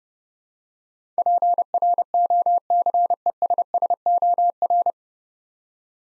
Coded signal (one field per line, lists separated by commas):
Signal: Morse code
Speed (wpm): 30 wpm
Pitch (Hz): 700 Hz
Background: none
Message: PROCESSOR